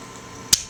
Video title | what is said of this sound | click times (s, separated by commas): ROTF Recon (Jungle Attack) Ironhide | Should just pop right into there. There | 0.5 s